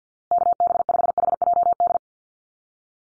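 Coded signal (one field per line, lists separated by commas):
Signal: Morse code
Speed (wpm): 50 wpm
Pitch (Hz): 700 Hz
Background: none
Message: KB5HJD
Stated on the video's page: Call sign head-copy drill at 50 wpm, each call sign sent twice in Morse, then spoken, then sent again.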